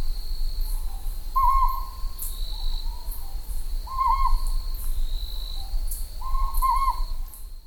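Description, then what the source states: Ryukyu scops owl repeating a tremulous hoot about every two and a half seconds, three hoots in all, against a steady high insect buzz. Recorded at night in Ryukyu forests while searching for the Amami rabbit; described as a very commonly heard sound there.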